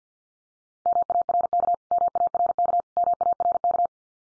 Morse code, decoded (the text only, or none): MARK MARK MARK